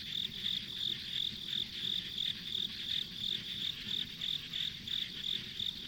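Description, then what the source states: Insect call of bright, shrill pulses at a quick, even pace, roughly three a second, with faint low-frequency rumble underneath. Insects as ambient sound on a country road in the countryside.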